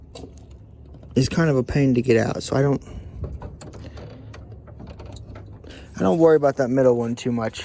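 A replacement headlight assembly on a 1996 Suburban is pushed back into its plastic mounting clip on the truck's front support, and the clip clicks at 0.4 s as it seats. Someone talks over the work, with a few more faint handling clicks between about 3.2 and 5.2 s. The assembly ends up seated in the clip.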